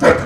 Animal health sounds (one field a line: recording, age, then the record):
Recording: pig call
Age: growing-finishing pig (85 days or more)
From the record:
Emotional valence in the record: positive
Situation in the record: run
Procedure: transit